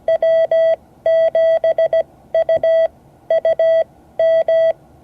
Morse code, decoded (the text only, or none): W7UUM